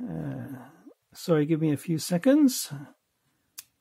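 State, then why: Seated. Someone talks while fitting a quick-release strap onto a watch by feel, pushing the spring bar into the holes in the watch case lugs after a failed first try. At 3.6 s a short, sharp click is heard as the spring bar seats in the lug.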